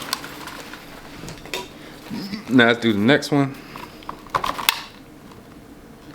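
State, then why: Not seated. A plastic frame tube for an animatronic is handled at the black base socket, where it is being inserted. Someone talks, and short sharp handling clicks and taps are heard, loudest near 0.1, 1.5, 4.4 and 4.7 seconds. The tube has not yet seated or clicked home by the end.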